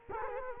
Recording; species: mosquito wingbeat signal from an infrared sensor; Culex quinquefasciatus